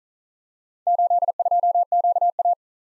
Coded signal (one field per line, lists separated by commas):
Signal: Morse code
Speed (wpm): 41 wpm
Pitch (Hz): 700 Hz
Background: none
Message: 82QA